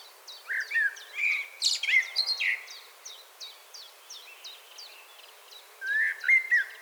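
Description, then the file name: Common blackbird whistling several fluting phrases at first, pausing amid a steady train of high chirps, then returning with clear whistled notes. "Turdus merula"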